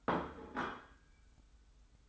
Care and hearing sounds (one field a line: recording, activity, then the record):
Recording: daily activity, microphone in the room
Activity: place plate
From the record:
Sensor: 3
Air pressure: 990.8 hPa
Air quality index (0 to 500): 144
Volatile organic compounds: 356 ppm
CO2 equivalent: 4594 ppm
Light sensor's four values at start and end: 38/90/36/34 and 38/90/36/34